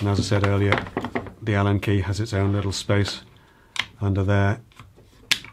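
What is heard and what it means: A small steel allen key is pressed into its storage space under the plastic body of a Kreg concealed hinge drilling jig while someone talks. A single sharp snap is heard at 5.3 s as the key seats in its slot.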